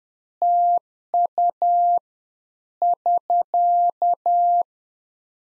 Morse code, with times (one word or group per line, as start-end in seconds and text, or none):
0.4-2.0 TU
2.8-4.6 <SK>